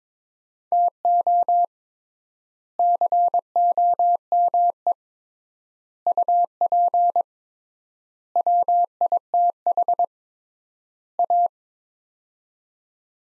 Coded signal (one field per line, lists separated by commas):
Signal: Morse code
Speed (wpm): 23 wpm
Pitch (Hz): 700 Hz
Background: none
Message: TO COME UP WITH A